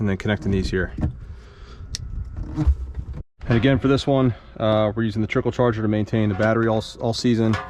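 An electrical connector is pushed onto a component of a Sea-Doo 4-stroke personal watercraft engine during winterizing, with a single sharp, loud click at 1.95 s as the connector seats. Someone talks throughout, and a trickle charger is mentioned for maintaining the battery over the season.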